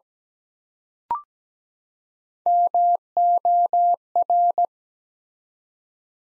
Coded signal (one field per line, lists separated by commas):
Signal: Morse code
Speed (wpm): 17 wpm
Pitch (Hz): 700 Hz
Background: none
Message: MOR